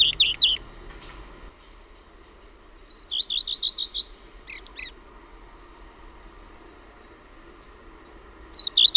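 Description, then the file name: Common redstart singing brief high phrases, a fast series of repeated notes with a twittering finish, one phrase at the start, one midway and another beginning at the end. "LEPPALINTU"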